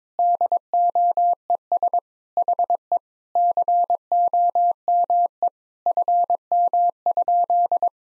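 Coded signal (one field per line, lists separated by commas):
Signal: Morse code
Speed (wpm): 21 wpm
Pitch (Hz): 700 Hz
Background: none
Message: DOES HE COME FM?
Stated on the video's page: Morse practice sentences from the top 300 words and abbreviations at 22 wpm, each sent, then spoken, then sent again, for head-copy.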